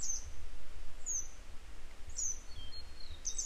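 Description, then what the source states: Grey wagtail giving high, thin, falling call notes roughly once a second, single and doubled, against a constant low background hum. A pair of grey wagtails still searching for their young today; follow-up recording.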